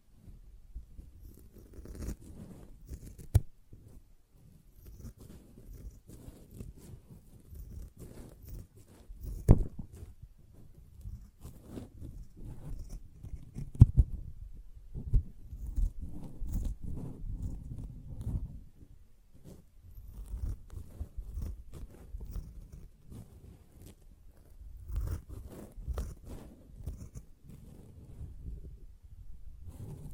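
A sponge being worked by hand, with soft low squishing and scratching that rise and fall in irregular bursts throughout. Sharper crunchy clicks stand out near 3, 9.5 and 14 seconds, and a denser stretch of rubbing runs from about 14 to 19 seconds.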